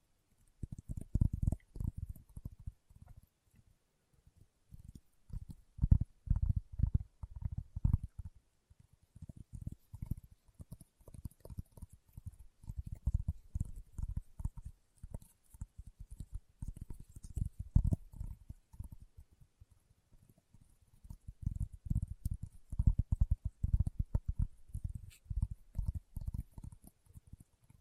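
Leather being tapped and scratched in quick bursts of soft, low thuds, packed densely in clusters with short gaps between them. The tapping runs fairly steadily across the whole stretch, with a faint thin hiss sitting high above throughout.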